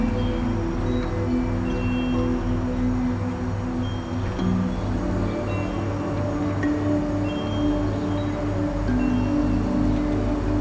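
Wind chimes ring in a city setting, their tones layered over a steady low hum of traffic. Sustained, overlapping notes swell and fade every second or two, while faint rustling and street noise fill the background at an even level throughout.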